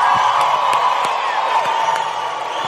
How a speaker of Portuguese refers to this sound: Em segundo lugar, por favor, o aplauso de vocês para esses caras que estão escrevendo essa história linda. E esses três, esse também, e esse ajudaram muito a mudar a minha vida. Por favor, o aplauso para eles.